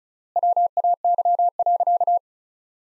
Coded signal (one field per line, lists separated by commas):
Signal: Morse code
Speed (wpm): 35 wpm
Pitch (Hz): 700 Hz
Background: none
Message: WAY.